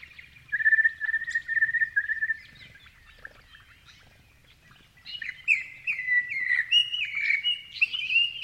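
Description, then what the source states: Grey-fronted honeyeaters chirping: a steady chattering run at first, then after a quiet pause a louder jumble of squeaky chirps and slurred notes. Several grey-fronted honeyeaters chirping.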